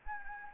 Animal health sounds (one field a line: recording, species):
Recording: mosquito wingbeat signal from an infrared sensor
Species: Anopheles arabiensis